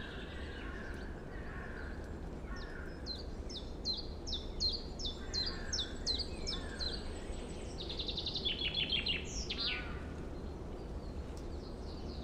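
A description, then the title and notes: Birds sing in a forest, one repeating a quick run of sharp, bright chirps from about three to seven seconds, then a rapid trill near nine seconds. Softer calls come and go around them over a steady low rumble that fills the whole clip. Today I'm taking you to the edge of a small village in the Black Forest. I placed my mics next to a hunting seat to listen straight into the forest. Birds sing and seem close enough to touch.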